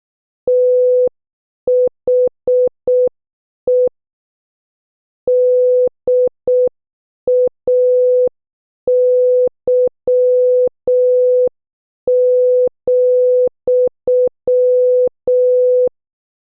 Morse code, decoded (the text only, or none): THE DAY,